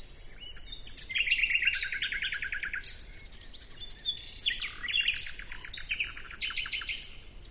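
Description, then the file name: Common nightingale singing rich, varied phrases, including a rapid series of repeated notes and a later stretch of quick, sharp, high trills. "Luscinia megarhynchos"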